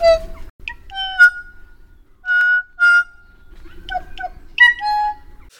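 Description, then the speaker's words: Kokako singing drawn-out, organ-toned whistled notes, two long steady tones in the middle flanked by shorter sliding notes. New Zealand bird; two-pathway voice box lets it sing multiple notes at a time, creating a haunting, eerie effect. "And especially then there's a bird called the kokako bird in New Zealand, and it sounds absolutely insane."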